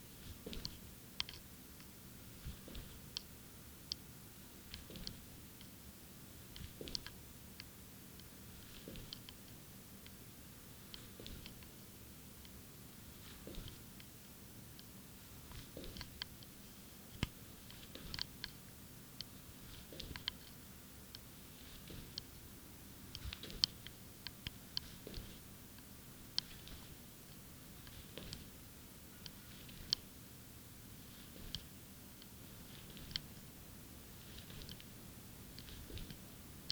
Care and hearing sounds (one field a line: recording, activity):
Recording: daily activity, guitar pickup as the sensor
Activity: jump